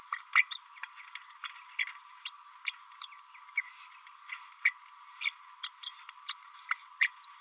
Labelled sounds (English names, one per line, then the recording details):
Green-rumped Parrotlet babbling
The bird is a female
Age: 31 days
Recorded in a nest box in Venezuela
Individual 17B32A5